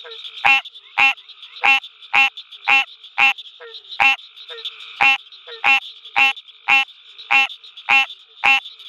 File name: Hyla cinerea call